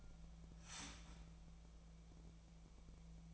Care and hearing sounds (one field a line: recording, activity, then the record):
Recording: daily activity, microphone in the room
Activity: start toaster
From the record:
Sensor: 1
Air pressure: 1000.3 hPa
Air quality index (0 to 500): 154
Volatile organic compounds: 3 ppm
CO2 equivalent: 1442 ppm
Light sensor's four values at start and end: 31/76/32/39 and 31/76/32/39